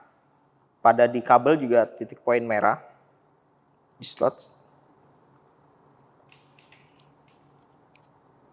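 A WeldScan probe cable's push-pull connector is handled at the socket of a Waygate Technologies Mentor EM portable eddy current tester, lined up red dot to red dot, while someone talks. A few faint ticks come near 6.3, 6.6 and 6.7 seconds. The connector has not clicked in or seated yet.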